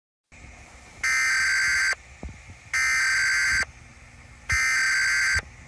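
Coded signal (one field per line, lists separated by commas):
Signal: Emergency Alert System (SAME) tones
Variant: header bursts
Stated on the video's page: Fictional EAS scenario, a simulated alert.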